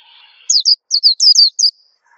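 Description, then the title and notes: White-eye song: a brief phrase of about seven high, quick descending chirps. Sweet, long song. "Kicau Burung Pleci. suara burung pleci merdu panjan"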